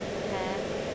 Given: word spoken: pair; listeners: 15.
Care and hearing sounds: one English word in noise, from a listening test; speech-shaped noise; -6.3 dB; 3 of 15; 11 of 15; 0.54 s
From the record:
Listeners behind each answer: 11, 3, 1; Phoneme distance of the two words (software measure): 10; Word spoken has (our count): 1 syllable, 2 phonemes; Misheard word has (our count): 1 syllable, 2 phonemes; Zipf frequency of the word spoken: 4.91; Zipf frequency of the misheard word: 5.03

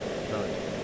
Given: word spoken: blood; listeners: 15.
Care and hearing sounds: one English word in noise, from a listening test; speech-shaped noise; -4.4 dB; 1 of 15; 7 of 15; 0.44 s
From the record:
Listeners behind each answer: 7, 2, 1, 1, 1, 1, 1, 1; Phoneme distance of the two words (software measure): 37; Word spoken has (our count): 1 syllable, 4 phonemes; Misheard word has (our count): 1 syllable, 3 phonemes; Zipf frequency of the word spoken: 4.98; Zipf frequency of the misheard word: 5.65

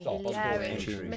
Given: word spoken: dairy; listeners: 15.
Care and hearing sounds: one English word in noise, from a listening test; four-talker babble; -0.6 dB; 3 of 15; 6 of 15; 0.77 s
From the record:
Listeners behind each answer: 6, 3, 2, 1, 1, 1, 1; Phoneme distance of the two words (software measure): 17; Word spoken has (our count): 2 syllables, 4 phonemes, stress on syllable 1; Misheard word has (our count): 2 syllables, 5 phonemes, stress on syllable 1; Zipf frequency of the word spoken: 4.00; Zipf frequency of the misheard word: 3.72

